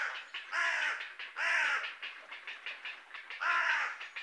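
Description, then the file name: Carrion Crow giving three loud, raspy caws separated by softer, rapid croaking notes in between. "Corvus corone"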